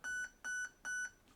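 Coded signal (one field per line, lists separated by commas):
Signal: beep code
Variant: Specna Arms HAL ETU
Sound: three short identical electronic beeps, evenly spaced, each with a click at start and end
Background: quiet room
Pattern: 3 short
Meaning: Full-auto setting changed to three-round burst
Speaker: we got three beeps so three beeps means we're in three round burst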